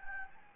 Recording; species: mosquito wingbeat signal from an infrared sensor; Anopheles gambiae